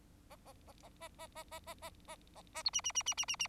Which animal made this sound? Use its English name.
Bengalese Finch